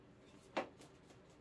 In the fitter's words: and pops right into place with no issue